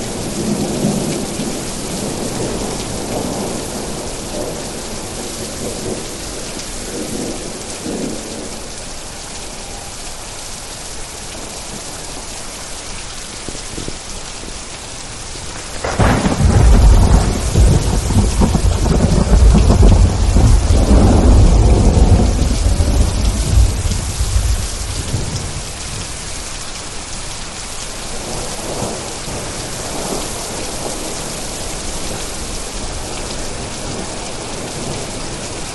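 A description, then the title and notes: Steady rain hisses throughout, and around sixteen seconds a deep rumble of thunder swells in, rolling heavily for about ten seconds before easing. This is another version of an hour thunderstorm. Ultimate Thunderstorm.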